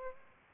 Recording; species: mosquito wingbeat signal from an infrared sensor; Aedes albopictus